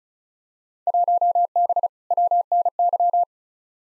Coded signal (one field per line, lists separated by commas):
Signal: Morse code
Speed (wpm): 34 wpm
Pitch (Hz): 700 Hz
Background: none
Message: 1B WNY